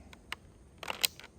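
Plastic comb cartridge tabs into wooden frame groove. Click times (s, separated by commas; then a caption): 0.3 s, 1.0 s. Two remaining tabs on a plastic SIMPLKOMB comb cartridge are pressed by hand into the groove of a wooden frame. Two sharp snaps sound at 0.3 s and 1.1 s among a few softer ticks and rustles, and both tabs are seated.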